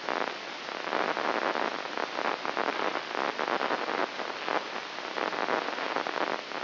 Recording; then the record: brain microelectrode recording played as sound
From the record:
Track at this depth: inside the subthalamic nucleus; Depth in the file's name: 2.405 mm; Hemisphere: right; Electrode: 3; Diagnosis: Parkinson's disease